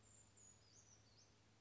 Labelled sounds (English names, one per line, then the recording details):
Brown Creeper
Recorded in Sonoma County, California